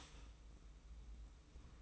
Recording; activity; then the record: daily activity, microphone in the room; start toaster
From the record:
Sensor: 1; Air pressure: 990.7 hPa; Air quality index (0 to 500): 145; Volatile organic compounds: 899 ppm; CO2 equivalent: 5207 ppm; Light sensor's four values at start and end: 28/65/28/30 and 28/65/28/30